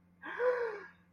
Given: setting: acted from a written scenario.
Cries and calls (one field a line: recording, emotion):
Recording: vocal sound without words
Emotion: fear